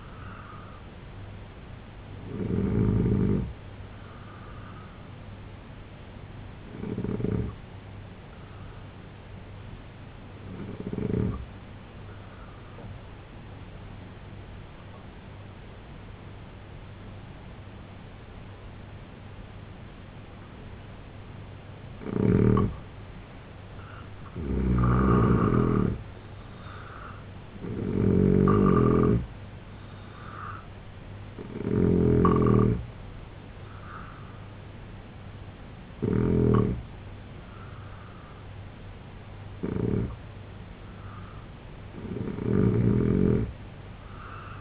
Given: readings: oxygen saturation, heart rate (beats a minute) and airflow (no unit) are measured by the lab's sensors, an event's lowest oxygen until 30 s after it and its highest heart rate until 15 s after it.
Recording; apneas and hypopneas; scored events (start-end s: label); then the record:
breathing in sleep by a voice recorder at the bedside; 1
11.00-25.10 s: hypopnea (N3, oxygen 91% highest, then 81% lowest, heart rate 74 at the start, 84 highest)
From the record:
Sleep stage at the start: N3 (deep sleep); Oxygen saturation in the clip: 81 to 91%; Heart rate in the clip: 71 to 84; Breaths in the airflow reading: 9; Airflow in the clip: -4.4 to 5.6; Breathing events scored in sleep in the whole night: 258 in 7.4 hours asleep